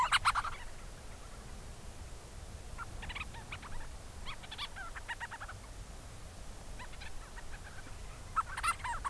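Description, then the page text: Forster's Tern calls come as rough, chattering bursts scattered throughout, over steady hiss. In South Bay San Francisco, California, a bird flies overhead calling to its colony on the island below; the advertisement call is almost its way of saying hello to the colony. "In South Bay San Francisco, California, a Forster’s Tern (Sterna forsteri) flies overhead and lets out a call to its colony below. This “advertisement call” is almost the bird’s way of saying “hello” to the colony on the island."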